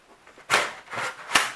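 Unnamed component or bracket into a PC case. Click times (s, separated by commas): 1.4 s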